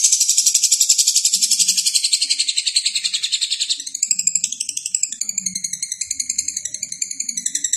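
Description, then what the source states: Lovebird chattering continuously in fast, shrill, high-pitched notes, the rapid trill breaking into wavering, rising and falling phrases partway through. Lovebird singing in the konslet style.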